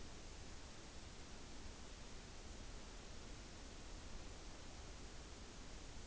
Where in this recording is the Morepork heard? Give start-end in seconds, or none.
none